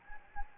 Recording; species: mosquito wingbeat signal from an infrared sensor; Anopheles gambiae